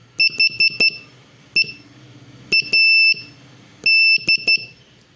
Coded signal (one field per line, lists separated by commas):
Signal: Morse code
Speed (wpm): 13 wpm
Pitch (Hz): 2650 Hz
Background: none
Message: HEAD